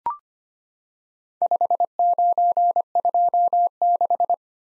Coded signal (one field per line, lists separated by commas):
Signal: Morse code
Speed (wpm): 25 wpm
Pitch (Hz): 700 Hz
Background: none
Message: 5926